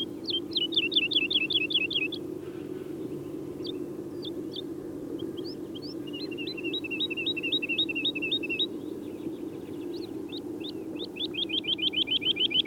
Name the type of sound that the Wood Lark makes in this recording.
song